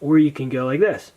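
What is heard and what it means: Someone talks while handling a SOG Power Assist multi-tool, getting ready to flip its spring-assisted knife blade open so it locks in the handle. Only speech is heard, and nothing has snapped open or clicked into place yet.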